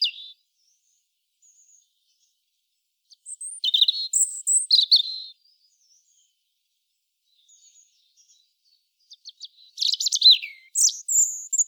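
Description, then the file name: European robin song with brief high phrases mixing clear whistles, descending slurs and quick trills, separated by silent gaps of several seconds. "Erithacus rubecula"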